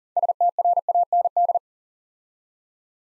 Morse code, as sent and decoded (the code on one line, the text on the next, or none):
... - .-. .- -. -..
STRAND